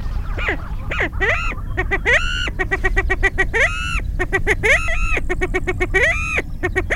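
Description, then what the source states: Greater prairie chicken calling excitedly: a dense mix of rising whoops and fast cackling notes, repeated in clusters throughout. Flushed.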